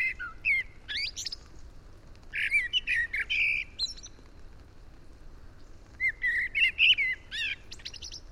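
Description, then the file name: Eurasian blackbird song in three phrases, each opening with rich warbled notes and ending in strained, high twittering squeaks, with gaps of one to two seconds. "Turdus merula"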